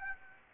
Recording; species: mosquito wingbeat signal from an infrared sensor; Aedes aegypti